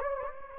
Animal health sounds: mosquito wingbeat signal from an infrared sensor; Anopheles gambiae

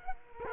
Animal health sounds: mosquito wingbeat signal from an infrared sensor; Culex quinquefasciatus

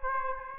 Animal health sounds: mosquito wingbeat signal from an infrared sensor; Aedes aegypti

